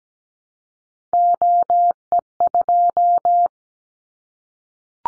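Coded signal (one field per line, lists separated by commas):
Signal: Morse code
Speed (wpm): 17 wpm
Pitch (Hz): 700 Hz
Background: none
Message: OE2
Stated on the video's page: Morse drill of callsign prefixes for the top 25 DXCC entities at 17 wpm, each sent, spoken, then sent again.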